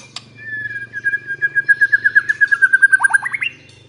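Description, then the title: White-rumped shama song: one long steady whistle breaking into a rapid, slightly falling series of clipped notes, ending in a quick upward flourish over a low hum. Lure recording of a vigorously singing bird, meant to draw a quick response. "MURAI BATU GACOR"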